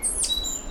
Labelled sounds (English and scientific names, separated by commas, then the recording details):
Stitchbird (Notiomystis cincta) song
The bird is a male
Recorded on Tiritiri Matangi Island, New Zealand, in 2005
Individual 1, of nest box 1